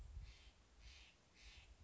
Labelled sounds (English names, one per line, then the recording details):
Steller's Jay
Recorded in Sonoma County, California